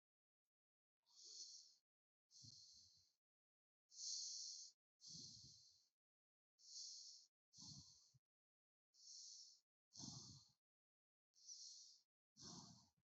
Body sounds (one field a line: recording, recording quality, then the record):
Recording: shallow breathing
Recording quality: excellent, no background noise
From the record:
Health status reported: healthy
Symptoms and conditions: none ticked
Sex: male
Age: 30 years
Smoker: yes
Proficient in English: yes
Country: India